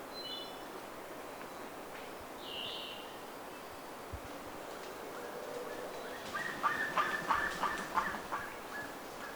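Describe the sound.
Bird calls stay faint and scattered at first, then a bout of quick, repeated notes rises over the hiss in the last few seconds.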